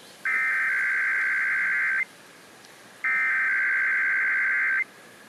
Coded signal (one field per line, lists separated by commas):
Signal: Emergency Alert System (SAME) tones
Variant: header bursts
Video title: [EAS #71-75] San Francisco's May RMT's